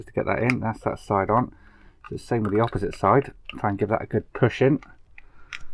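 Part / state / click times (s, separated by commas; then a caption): leg armour part onto knee joint of a model figure / not seated / none. Someone talks while handling a leg armour part on the knee joint of an Iron-Man MKIII Armour model figure, working a misaligned part and pressing the opposite side to push it in. A few faint sharp ticks come near the end, around 5.2, 5.6 and 5.8 seconds, but nothing has seated or clicked into place yet.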